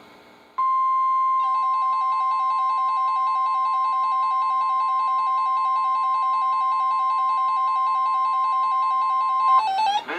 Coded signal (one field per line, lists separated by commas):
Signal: Emergency Alert System (SAME) tones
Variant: 1050 Hz attention tone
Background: music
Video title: EAS #1072-#1080: The Winter Hazards are Getting old now | KHB36, WXM42, & KEC83